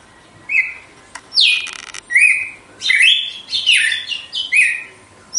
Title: Canto Galo Campina Fêmea. GALO DE CAMPINA, AÇOITE PURO, FORTE, LIMPO E COMPASSADO